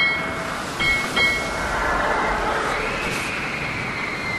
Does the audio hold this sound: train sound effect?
yes